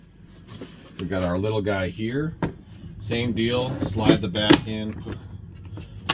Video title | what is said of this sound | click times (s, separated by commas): Vendor Vlog 2 | Push down on the front. It'll lock into place. | 6.1 s